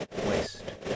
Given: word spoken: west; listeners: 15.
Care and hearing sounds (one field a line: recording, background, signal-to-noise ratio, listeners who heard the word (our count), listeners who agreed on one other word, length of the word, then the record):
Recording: one English word in noise, from a listening test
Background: noise modulated by three-talker babble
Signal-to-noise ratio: -4.3 dB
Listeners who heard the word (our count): 1 of 15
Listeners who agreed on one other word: 11 of 15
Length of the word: 0.56 s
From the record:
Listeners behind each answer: 11, 1, 1, 1, 1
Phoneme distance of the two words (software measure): 10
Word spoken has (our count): 1 syllable, 4 phonemes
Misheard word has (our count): 1 syllable, 4 phonemes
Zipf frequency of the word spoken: 5.29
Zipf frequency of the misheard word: 4.72